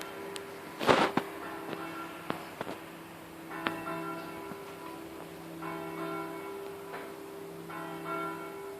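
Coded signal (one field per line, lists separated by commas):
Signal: bell signal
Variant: swing ringing (distesa)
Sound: a single church bell struck repeatedly at irregular intervals, ringing on between strokes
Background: outdoor ambience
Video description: -h. 20:30: segnale orario della mezza sulla 3^ Mi3 e distesa della stessa.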